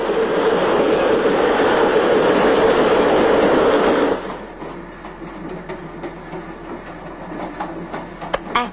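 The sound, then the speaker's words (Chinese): A train rolls along the tracks in a loud, steady roar that suddenly drops to a softer rumble, with scattered clicks and a few sharp metallic ticks near the end. “你说这火车要去澳洲的话该多好啊！”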